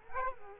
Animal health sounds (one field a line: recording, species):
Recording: mosquito wingbeat signal from an infrared sensor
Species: Culex quinquefasciatus